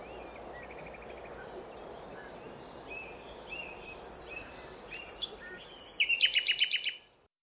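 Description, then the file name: Common nightingale song: soft high whistles and trills build toward a loud run of rapid, harsh repeated notes lasting over a second before ending, with constant low background noise. "Luscinia megarhynchos"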